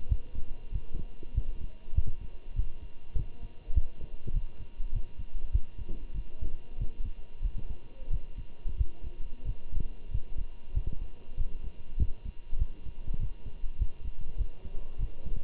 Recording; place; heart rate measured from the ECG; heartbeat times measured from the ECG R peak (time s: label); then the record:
heart sounds by stethoscope; between the tricuspid and mitral areas; 97 bpm
0.10 s: heartbeat
0.73 s: heartbeat
1.35 s: heartbeat
1.96 s: heartbeat
2.56 s: heartbeat
3.16 s: heartbeat
3.75 s: heartbeat
4.34 s: heartbeat
4.93 s: heartbeat
5.53 s: heartbeat
6.15 s: heartbeat
6.79 s: heartbeat
7.43 s: heartbeat
8.11 s: heartbeat
8.78 s: heartbeat
9.46 s: heartbeat
10.12 s: heartbeat
10.75 s: heartbeat
11.38 s: heartbeat
11.99 s: heartbeat
12.59 s: heartbeat
13.20 s: heartbeat
13.79 s: heartbeat
14.38 s: heartbeat
14.99 s: heartbeat
From the record:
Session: walking at 3.7 km/h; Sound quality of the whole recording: good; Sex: male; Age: 23 years